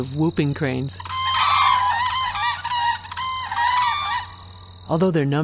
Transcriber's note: Loud calls of Whooping Cranes